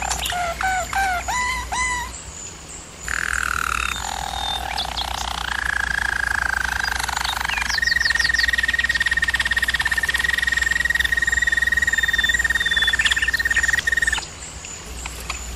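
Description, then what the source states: German Roller canary song: short swooping phrases, then successive sustained rolls at changing pitch, ending in a long steady trill that stops abruptly. Singing used for canary training.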